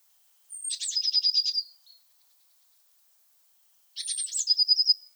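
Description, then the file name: Eurasian blue tit song: two bursts a few seconds apart, each a buzzy run of rapid notes with a high descending whistle leading into a bright trill. "Cyanistes caeruleus"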